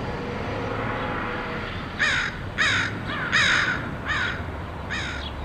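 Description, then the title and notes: Crow caws, five hoarse caws in an uneven sequence following a quieter opening of background hum and faint tones. Crows recorded in Portland, Oregon, USA, in August 2003. "Crows of Portland. Crows recorded by Dan Bodah in Portland, OR, August 2003"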